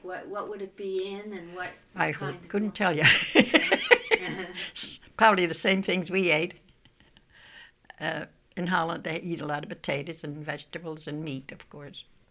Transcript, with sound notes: What would it be in, and what kinds...
I couldn't tell you. ( she laughs ) Probably the same things we ate. In Holland they eat a lot of potatoes and vegetables and meat, of course.